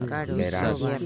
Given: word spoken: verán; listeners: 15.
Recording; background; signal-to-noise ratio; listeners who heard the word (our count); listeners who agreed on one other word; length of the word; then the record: one Spanish word in noise, from a listening test; four-talker babble; -2.8 dB; 0 of 15; 7 of 15; 0.66 s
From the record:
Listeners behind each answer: 7, 2, 2, 1, 1, 1, 1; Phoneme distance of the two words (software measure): 40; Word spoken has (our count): 2 syllables, 5 phonemes, stress on syllable 2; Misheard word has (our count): 2 syllables, 5 phonemes, stress on syllable 1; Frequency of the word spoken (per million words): 9.80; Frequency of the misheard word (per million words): 5.68